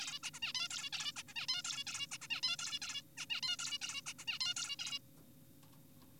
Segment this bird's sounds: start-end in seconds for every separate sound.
0.00-0.19, 0.23-0.31, 0.34-0.39, 0.42-0.53, 0.55-0.69, 0.71-0.90, 0.93-1.12, 1.16-1.23, 1.28-1.34, 1.36-1.47, 1.49-1.62, 1.65-1.84, 1.87-2.07, 2.11-2.18, 2.22-2.28, 2.31-2.41, 2.43-2.57, 2.59-2.79, 2.82-3.02, 3.17-3.26, 3.30-3.41, 3.43-3.57, 3.59-3.78, 3.82-4.01, 4.06-4.13, 4.19-4.25, 4.28-4.39, 4.41-4.54, 4.57-4.76, 4.79-4.99